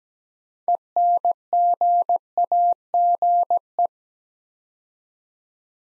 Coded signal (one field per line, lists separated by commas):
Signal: Morse code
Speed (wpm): 17 wpm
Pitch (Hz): 700 Hz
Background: none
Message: ENGAGE